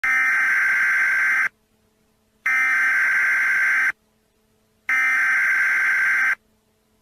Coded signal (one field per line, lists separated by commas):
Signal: Emergency Alert System (SAME) tones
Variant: header bursts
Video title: EP1: The EAS Alert